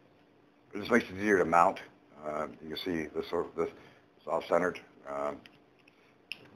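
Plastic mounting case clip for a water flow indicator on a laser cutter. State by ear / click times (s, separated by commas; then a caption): seated / 6.3 s. A custom printed plastic mounting piece for the water flow indicator on a K40 laser cutter is pushed together while someone talks. A sharp click at 6.3 s marks it snapping into place, seated and holding.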